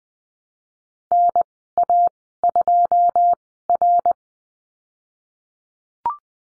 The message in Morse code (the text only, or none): NA2R